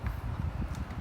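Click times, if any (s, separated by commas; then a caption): none. A Rainbow vacuum cleaner body is handled on its water basin as the side latches that hold it in place are about to be closed. Only dull, low rumbling handling noise is heard, with no sharp clicks. Nothing has seated or clicked yet.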